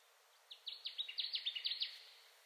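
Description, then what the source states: Connecticut warbler song, a series of several emphatic, downslurred notes over faint background hiss. Recorded 2021-06-10; recording holds ten songs.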